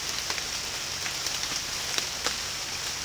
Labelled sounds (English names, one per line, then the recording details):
none
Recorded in dense forest near Puerto Asís, Putumayo, Colombia, on 21 March 2025 at 15:30
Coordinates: 0.484, -76.317
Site G064